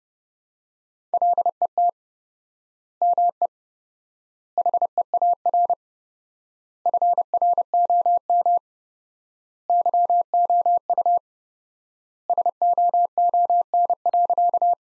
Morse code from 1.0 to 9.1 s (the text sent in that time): LET ME HEAR FROM